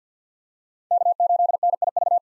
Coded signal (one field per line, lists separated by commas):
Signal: Morse code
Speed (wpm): 49 wpm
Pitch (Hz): 700 Hz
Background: none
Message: K8NIV